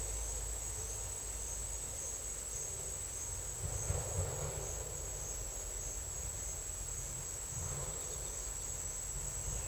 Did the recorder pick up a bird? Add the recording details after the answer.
no. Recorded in dense forest near Puerto Asís, Putumayo, Colombia, on 20 December 2024 at 09:30. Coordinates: 0.482, -76.320. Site G021